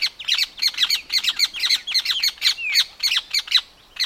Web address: BBC. evening birdsong pantanal swamp busy with prominent ibis